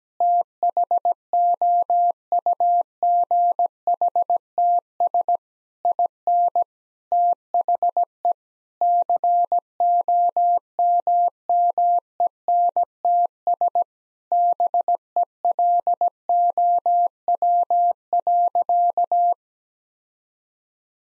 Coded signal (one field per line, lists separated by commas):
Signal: Morse code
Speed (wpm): 17 wpm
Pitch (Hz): 700 Hz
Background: none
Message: THOUGHTS IN THE COMMENTS BELOW.